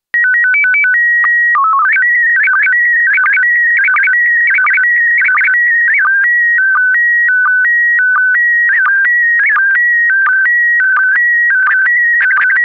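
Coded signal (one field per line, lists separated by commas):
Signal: SSTV (slow-scan television)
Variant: PD 90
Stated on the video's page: SSTV image in PD90 mode.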